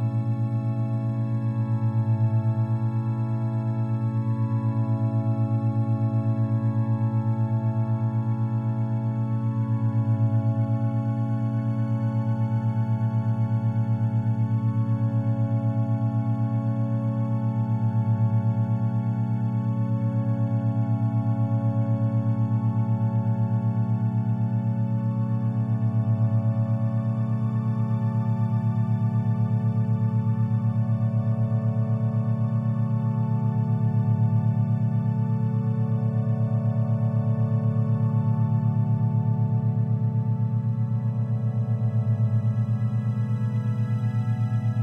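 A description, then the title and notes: A steady, low humming drone of binaural beats holds at an even level for the whole stretch, its deep tones slowly pulsing and swelling every few seconds. Soft, bell-like overtones shimmer faintly above the hum, with no other sounds breaking in. Delta Binaural Beats.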